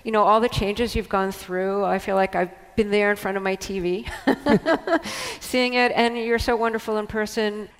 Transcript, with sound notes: You know, all the changes you've gone through, I feel like I've been there in front of my TV (laughter) seeing it. And you're so wonderful in person.